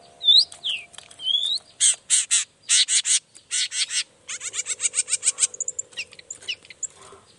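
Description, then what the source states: Long-tailed shrike varied song: a few slurred whistles, then loud raspy bursts, then a quick run of rapid scratchy notes fading into thin chips. Singing actively ('gacor') in the morning with 'toet toet' sound variations; said to make any other long-tailed shrike answer ('nyaut') at once and start singing.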